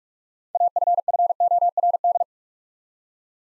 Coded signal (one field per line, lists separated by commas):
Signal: Morse code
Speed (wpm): 44 wpm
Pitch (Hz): 700 Hz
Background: none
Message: AFFORD